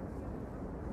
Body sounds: background sound without coughing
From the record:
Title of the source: Train Ride Ambience ambient white noise for sleeping, focus, studying, reading

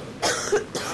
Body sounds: coughing mixed with background sound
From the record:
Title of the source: 30 Chesty and wet cough

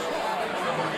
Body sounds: coughing mixed with background sound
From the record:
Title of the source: Spring Allergy Coughing

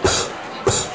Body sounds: coughing mixed with background sound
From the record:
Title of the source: Mid-morning Winter Coughing Fit

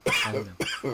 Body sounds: coughing mixed with background sound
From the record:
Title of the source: Dry Afternoon Cough

